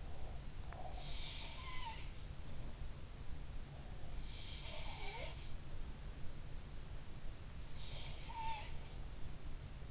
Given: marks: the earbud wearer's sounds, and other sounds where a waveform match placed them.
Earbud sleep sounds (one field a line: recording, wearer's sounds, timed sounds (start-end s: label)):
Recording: sounds in sleep by an in-ear microphone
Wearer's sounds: breath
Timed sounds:
0.00-1.16 s: breath
0.83-2.06 s: sound from someone else or the room
3.93-5.87 s: sound from someone else or the room
7.54-8.94 s: sound from someone else or the room